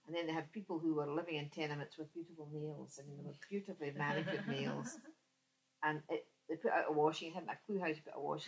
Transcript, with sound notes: And they had people who were living in tenements with beautiful nails. I mean they had beautifully manicured nails. [laughs] And eh, they put out a washing. They hadn't a clue how to put a washing out.